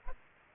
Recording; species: mosquito wingbeat signal from an infrared sensor; Aedes aegypti